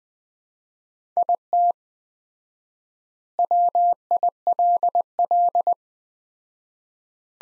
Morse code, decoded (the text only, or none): IT WILL